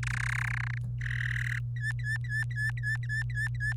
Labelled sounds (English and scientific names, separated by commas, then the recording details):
Domestic Canary (Serinus canaria) song
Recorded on 26 April 2018 at 12:25
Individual llb3